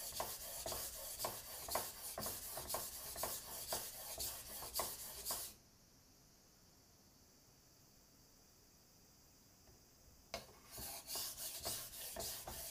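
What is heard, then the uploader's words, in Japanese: A knife being sharpened on a whetstone: quick, regular rasping strokes, several per second, gritty and bright. The strokes stop at about five and a half seconds, leaving a faint thin hiss, then resume near ten seconds and continue to the end. 環境音 久しぶりの包丁研ぎ。3本研いで少し疲れました。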